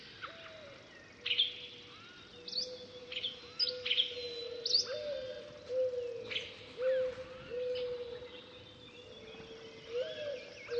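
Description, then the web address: Birds chirp in clusters of high, quick downslurred notes, repeated irregularly over a low, wavering hum. "funny birds"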